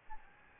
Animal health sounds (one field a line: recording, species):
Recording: mosquito wingbeat signal from an infrared sensor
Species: Aedes albopictus